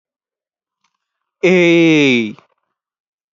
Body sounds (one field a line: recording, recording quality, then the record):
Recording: sustained vowel as in made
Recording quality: excellent, no background noise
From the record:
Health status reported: exposed to COVID-19, no respiratory illness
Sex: male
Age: 21 years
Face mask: not worn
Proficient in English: yes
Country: India